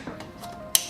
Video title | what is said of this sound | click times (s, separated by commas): WRX VB Radiator Upgrade – Stop Overheating Before It Starts! Ep. 12 | which it's very simple. You just push it in and hear it click. | 0.8 s